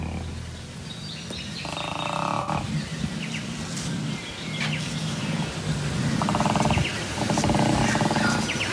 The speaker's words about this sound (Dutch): Vaak past het uiterlijk van een dier perfect bij het geluid dat hij maakt. Een leeuw brult, een meeuw krijst, een hond blaft. Maar soms trekt een beest zijn bek open, dit was trouwens een hond, en komt er iets uit waarvan je denkt, klopt dit wel?